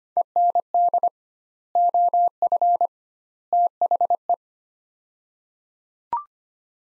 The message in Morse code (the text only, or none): END OF THE